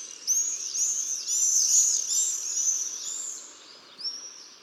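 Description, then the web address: Common swift screams, shrill buzzy high trills overlapping in a loud burst, then fading, with one more scream near the end. Jousting flights of common swifts. "annee nature les joutes du martinet"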